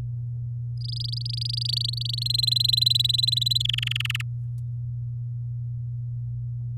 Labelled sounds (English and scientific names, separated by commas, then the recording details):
Domestic Canary (Serinus canaria) song
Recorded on 10 May 2018 at 13:04
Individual llb16